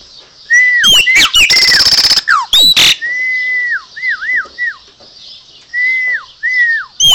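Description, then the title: Chopi Blackbird singing clear whistled notes, each held level then dropping sharply, given in a loose series, with harsh noisy bursts and looping notes early on. "Passaro Preto"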